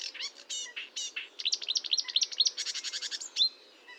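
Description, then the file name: Marsh warbler song, dense jumble of scratchy notes and buzzy trills, rapid and varied throughout. Recorded at Fontaine-Française, Fourneau, on 1 June 2022 at 10:55, using a Nagra recorder with a Telinga microphone. "Rousserolle verderolle 20220601 1055 Fontaine-Francaise-Fourneau-Nagra-Telinga"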